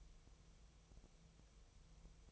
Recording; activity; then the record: daily activity, microphone in the room; take from stove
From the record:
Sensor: 1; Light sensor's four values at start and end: 9/22/8/9 and 9/22/8/9